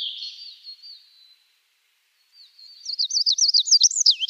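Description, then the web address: Olive-backed pipit singing: a thin high buzzy note fades out, then after a pause a quick run of looping whistled notes builds and rises in pitch. "Schulze Peter Olive-backed Pipit song"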